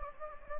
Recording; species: mosquito wingbeat signal from an infrared sensor; Anopheles gambiae